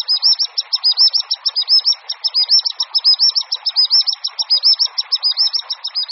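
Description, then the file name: Common sandpiper giving a rapid, continuous run of high, thin piping notes over steady background noise. "Pisík-obecný"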